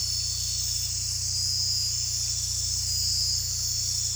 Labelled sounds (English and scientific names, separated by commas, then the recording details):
none
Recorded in dense forest near Puerto Asís, Putumayo, Colombia, on 16 December 2024 at 00:00
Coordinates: 0.467, -76.328
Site GP05